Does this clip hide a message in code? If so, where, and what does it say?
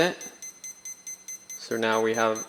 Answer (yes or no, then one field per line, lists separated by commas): no